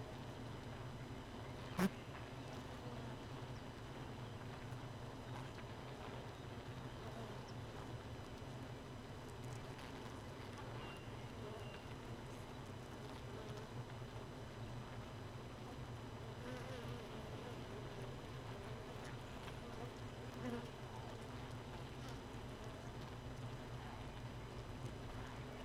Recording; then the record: honeybee colony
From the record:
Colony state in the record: missing queen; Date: 31 May 2018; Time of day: 4:09